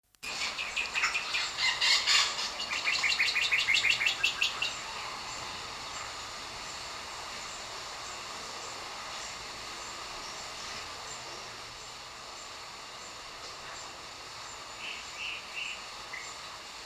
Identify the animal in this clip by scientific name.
Cardinalis cardinalis